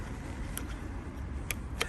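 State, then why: Seated. The end clip of a charging adapter for a 2022 Tesla Model 3 RWD is hooked onto a public charger's connector handle, which must lock in for the car to charge. Over a steady low background rumble, a faint tick comes at 0.6 s, then sharp clicks at 1.5 s and 1.8 s. The clip seats and locks onto the handle.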